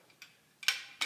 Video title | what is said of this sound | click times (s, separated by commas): Endcap installation | it down you should feel that click | 0.7 s, 1.0 s